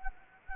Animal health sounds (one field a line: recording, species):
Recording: mosquito wingbeat signal from an infrared sensor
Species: Anopheles gambiae